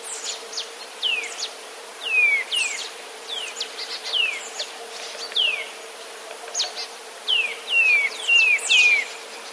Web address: wroblowe kolekcja kowalik